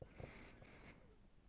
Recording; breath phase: one breath near a microphone; inhalation